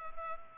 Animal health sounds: mosquito wingbeat signal from an infrared sensor; Culex pipiens

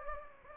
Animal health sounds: mosquito wingbeat signal from an infrared sensor; Anopheles gambiae

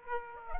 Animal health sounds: mosquito wingbeat signal from an infrared sensor; Aedes aegypti

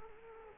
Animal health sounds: mosquito wingbeat signal from an infrared sensor; Culex quinquefasciatus

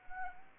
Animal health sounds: mosquito wingbeat signal from an infrared sensor; Anopheles arabiensis

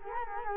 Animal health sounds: mosquito wingbeat signal from an infrared sensor; Culex quinquefasciatus

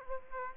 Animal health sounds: mosquito wingbeat signal from an infrared sensor; Aedes aegypti

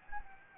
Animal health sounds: mosquito wingbeat signal from an infrared sensor; Anopheles gambiae

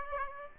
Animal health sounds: mosquito wingbeat signal from an infrared sensor; Aedes aegypti

